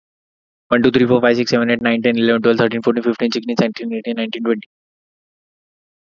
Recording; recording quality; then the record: counting at a fast pace; excellent, no background noise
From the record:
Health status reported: exposed to COVID-19, no respiratory illness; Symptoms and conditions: none ticked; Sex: male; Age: 30 years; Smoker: not ticked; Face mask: worn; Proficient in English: yes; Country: India